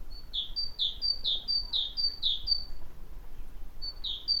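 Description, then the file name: Great tit giving a rapid series of two-note phrases, a thin high whistle dropping to a lower note, repeated several times, a short pause, then starting again. "Parus major"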